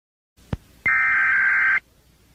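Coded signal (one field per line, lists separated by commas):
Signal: Emergency Alert System (SAME) tones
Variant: header bursts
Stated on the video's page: EAS reconstruction of a disaster, not a live alert.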